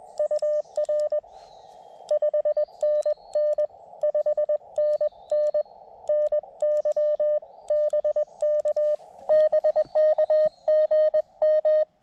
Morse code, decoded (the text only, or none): UR 5NN 5NN NY BK BK GM